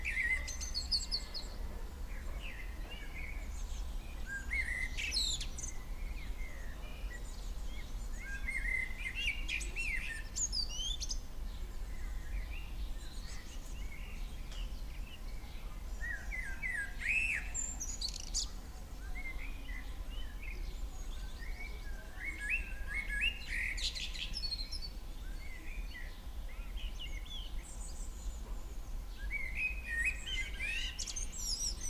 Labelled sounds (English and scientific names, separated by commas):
Common Blackbird (Turdus merula) song